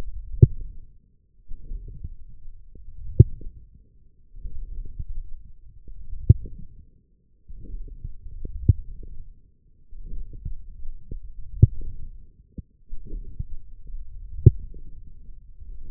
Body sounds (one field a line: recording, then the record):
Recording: forearm muscle sounds (acoustic myography)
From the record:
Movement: forearm pronation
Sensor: system 1, eight BSWA MPA416 microphones around the upper forearm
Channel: 2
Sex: male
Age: 20 years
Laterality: left